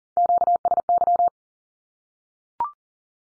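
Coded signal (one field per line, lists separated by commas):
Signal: Morse code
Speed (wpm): 40 wpm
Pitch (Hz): 700 Hz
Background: none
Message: QSY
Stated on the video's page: Morse Q-code drill at 40wpm, each code sent, then spoken, then sent again.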